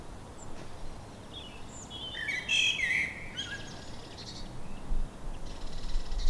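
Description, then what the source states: Bird chirping in short bright phrases around the middle, with scattered higher twitters over a steady low background rumble. Evening birdsong.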